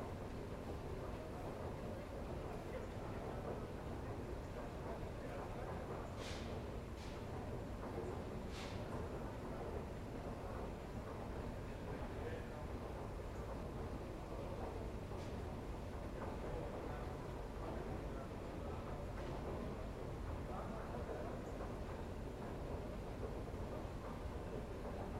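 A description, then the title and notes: Ambience inside the central station in Essen: a steady, dense murmur of voices and low rumble fills the whole stretch without pause. Short sharp clicks or clacks stand out around six to nine seconds, with fainter ones near fifteen and nineteen seconds. Ambience inside the central station in Essen.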